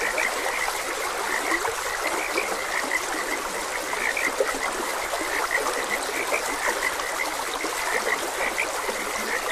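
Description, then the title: Frogs calling in quick, scattered high croaks throughout, partly masked by a continuous babbling stream. Frogs croaking beside a gentle stream. "Gentle Stream and Frogs Croaking"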